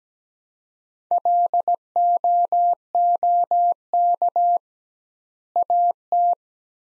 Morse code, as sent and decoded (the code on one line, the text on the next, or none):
.-.. --- --- -.- / .- -
LOOK AT